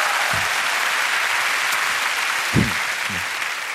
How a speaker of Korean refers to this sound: 두 분에게 박수 한번 부탁드리겠습니다.